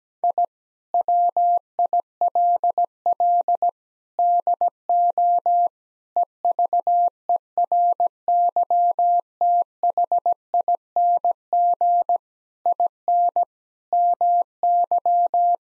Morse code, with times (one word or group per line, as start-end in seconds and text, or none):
0.2-0.4 I
0.9-3.7 WILL
4.2-5.7 DO
6.2-12.2 EVERYTHING
12.7-13.4 IN
13.9-15.6 MY